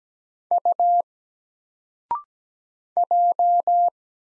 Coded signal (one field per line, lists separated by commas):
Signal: Morse code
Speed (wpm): 17 wpm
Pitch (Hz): 700 Hz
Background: none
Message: U J